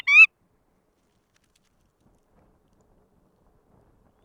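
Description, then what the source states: Red knot call: one brief, rich upward-slurred note at the start, followed by silence. Subspecies roselaari.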